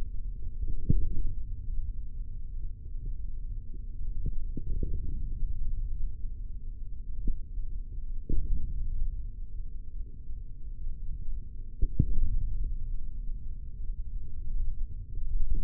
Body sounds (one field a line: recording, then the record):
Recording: forearm muscle sounds (acoustic myography)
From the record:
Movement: hand opening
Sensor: system 3, bracelet of six PUI Audio POM-2738L microphones around the upper forearm, with dedicated amplification and filtering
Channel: 2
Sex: male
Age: 43 years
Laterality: right